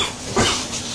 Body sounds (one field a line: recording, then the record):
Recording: coughing mixed with background sound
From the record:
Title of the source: Spring Cold Coughing 2